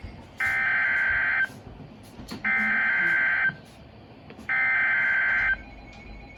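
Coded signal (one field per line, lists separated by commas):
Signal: Emergency Alert System (SAME) tones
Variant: header bursts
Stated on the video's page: Two severe thunderstorm warnings from NOAA weather radio station in Columbus, Ohio.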